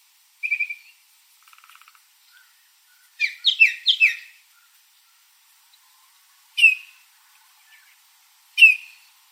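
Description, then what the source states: Bird giving a sharp whistled note, a short soft trill, a quick cluster of clear chirps, then two single loud whistled notes a couple of seconds apart. Arizona.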